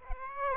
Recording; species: mosquito wingbeat signal from an infrared sensor; Aedes aegypti